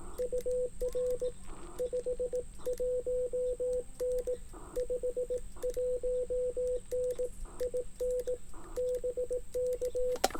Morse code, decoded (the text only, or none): UR 51N 51N IN BK